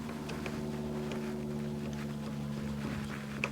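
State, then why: Stripped. A number 2 Husky Phillips screwdriver is turned in a JIS cross-head screw on a metal bracket, and its tip keeps camming out of the recess over a steady low hum. Slipping clicks come at 0.3, 0.5, 1.1, 3.4 and 3.4 seconds, the last being the sharpest. The screw is stripped and does not loosen.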